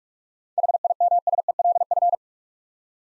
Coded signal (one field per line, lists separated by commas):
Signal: Morse code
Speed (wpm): 43 wpm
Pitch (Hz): 700 Hz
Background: none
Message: HIMSELF